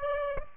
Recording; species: mosquito wingbeat signal from an infrared sensor; Aedes aegypti